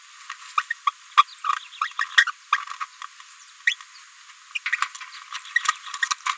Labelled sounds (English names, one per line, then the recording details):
Green-rumped Parrotlet babbling
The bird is a female
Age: 30 days
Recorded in a nest box in Venezuela
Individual 17B73B3